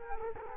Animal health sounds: mosquito wingbeat signal from an infrared sensor; Culex quinquefasciatus

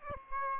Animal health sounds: mosquito wingbeat signal from an infrared sensor; Aedes aegypti

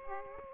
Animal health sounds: mosquito wingbeat signal from an infrared sensor; Aedes aegypti

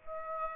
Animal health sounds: mosquito wingbeat signal from an infrared sensor; Aedes aegypti

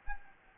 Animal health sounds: mosquito wingbeat signal from an infrared sensor; Anopheles gambiae

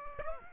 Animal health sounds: mosquito wingbeat signal from an infrared sensor; Aedes aegypti

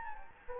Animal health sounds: mosquito wingbeat signal from an infrared sensor; Anopheles gambiae

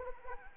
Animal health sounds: mosquito wingbeat signal from an infrared sensor; Anopheles arabiensis

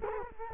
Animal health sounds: mosquito wingbeat signal from an infrared sensor; Culex quinquefasciatus

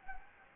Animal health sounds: mosquito wingbeat signal from an infrared sensor; Anopheles gambiae

